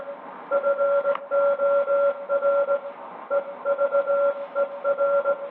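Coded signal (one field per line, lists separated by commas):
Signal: Morse code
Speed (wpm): 18 wpm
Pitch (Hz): 560 Hz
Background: none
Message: FOR EVER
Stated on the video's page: 500 kHz CW wireless telegraphy, final transmissions from UK coastal distress watch stations before going silent; 1998 documentary footage.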